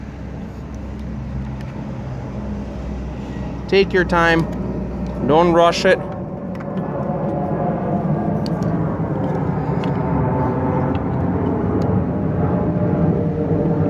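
Someone talks while handling the plastic taillight wiring connector at the taillight assembly of a 2007–2013 Acura MDX, about to plug it back into the bulb socket, over a steady low rumble. Nothing has seated or clicked yet.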